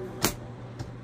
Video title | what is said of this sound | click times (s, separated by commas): @yitahome Stackable Shoe Boxes ! Organize My Shoes With Me ! | you're gonna hear it snap into place get | 0.2 s